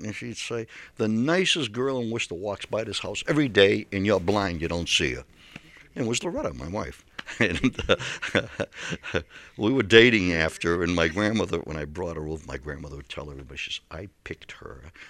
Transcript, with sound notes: And she'd say, "The nicest girl in Worcester walks by this house every day and you're blind. You don't see her." And it was Loretta, my wife. (he laughs) And we were dating after, and my grandmother, when I brought her over, my grandmother would tell everybody, she says, "I picked her."